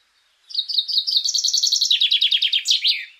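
Common chaffinch singing a full phrase of rapid, ringing notes that step lower partway through, then finish with a loud swept flourish.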